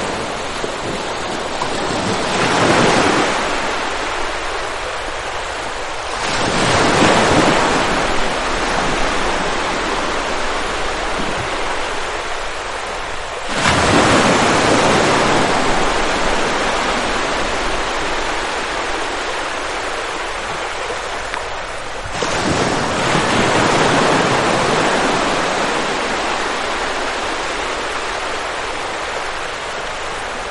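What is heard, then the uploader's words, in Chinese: Waves at rising tide rush in and crash about every seven seconds, each surge hissing bright before easing back into steady roar. 涨潮－海浪迎面扑过来。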